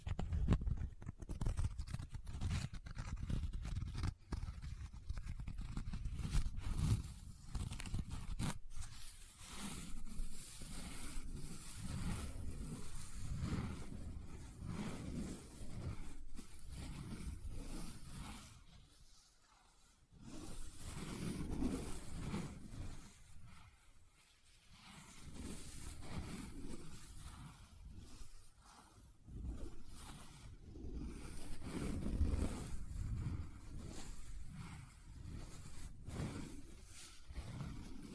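Paper is folded, rubbed and crinkled in a near-continuous stream of dry scratching, with a heavy low rumble of handling underneath. Sharp crackles dot the first ten seconds, and the sound drops into brief near-silences around 20 and 24 seconds before resuming.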